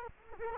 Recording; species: mosquito wingbeat signal from an infrared sensor; Culex quinquefasciatus